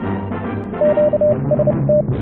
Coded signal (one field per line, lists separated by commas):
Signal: Morse code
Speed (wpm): 30 wpm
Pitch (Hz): 600 Hz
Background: radio noise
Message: QST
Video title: Ham Radio - What's inside this intermod filter, and what is Intermod interference anyway?